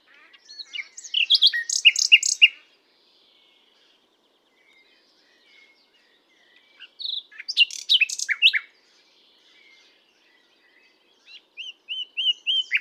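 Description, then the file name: Common nightingale delivering three varied song phrases separated by silences, mixing rapid trills, buzzy notes and a short series of pure whistles. "Luscinia megarhynchos"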